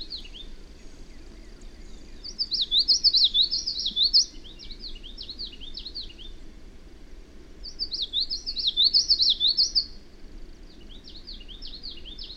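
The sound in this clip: Bird song of two rapid, high, warbling phrases, each trailing into softer repeated notes, over a constant low rumble.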